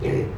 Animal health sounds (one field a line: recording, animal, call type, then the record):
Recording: contact call of a hoofed animal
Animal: pig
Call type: closed-mouth grunt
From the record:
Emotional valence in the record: negative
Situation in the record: short social isolation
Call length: 0.38 s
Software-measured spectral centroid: 1330 Hz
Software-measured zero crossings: 760 a second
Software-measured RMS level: -24 dBFS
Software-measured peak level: -13 dBFS